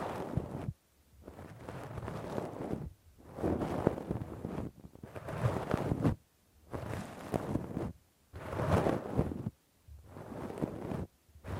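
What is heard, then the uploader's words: Rough scraping and rubbing inside the ear with a cotton swab and ear pick, in dense crackly bursts a second or two long. The strokes come at a steady rhythm, separated by brief moments of near silence, and sound muffled. ASMR Intense Rough Deep Ear Cleaning w Q-tip, Ear Pick 1 Hour (No Talking).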